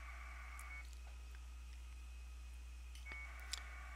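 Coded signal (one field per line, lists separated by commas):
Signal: packet radio (AX.25, as in APRS)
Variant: 1200 baud AFSK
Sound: two short buzzy two-tone data bursts separated by clicks, over a low hum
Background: mains hum, clicks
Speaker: so same thing it goes off connects to the the node there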